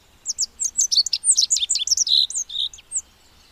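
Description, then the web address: Rock bunting song, a quick run of high, thin twittering notes that jump up and down in pitch, lasting almost three seconds. "agykontroll Madardalok Cd 2. Bajszos sármány"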